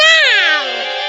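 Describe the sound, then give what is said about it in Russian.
An angry cat in a kitchen, after a robber pokes a stick of kindling into its glowing eyes, lets out one loud, drawn-out yowl, its strained, harmonic-rich cry sliding slowly downward in pitch and holding for about a second, with no voices around it. “Но какой же кошке это понравится?”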